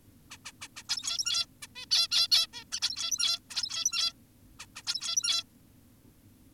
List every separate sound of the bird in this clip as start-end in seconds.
0.31-0.38, 0.45-0.52, 0.62-0.68, 0.76-0.83, 0.89-1.46, 1.62-1.67, 1.76-1.86, 1.91-2.08, 2.12-2.28, 2.32-2.47, 2.53-2.64, 2.72-2.80, 2.82-3.40, 3.50-4.13, 4.60-4.66, 4.76-4.82, 4.87-5.44